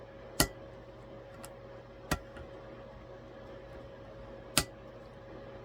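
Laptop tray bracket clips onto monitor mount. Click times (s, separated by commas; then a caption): 0.4 s, 4.6 s. The plastic clips of a laptop tray bracket are pressed onto a monitor mount with the hook up top. Two sharp clicks sound at 0.4 s and 4.6 s as the clips seat home, with a softer sharp tick at 2.1 s over a steady low hum. Both clips are confirmed seated.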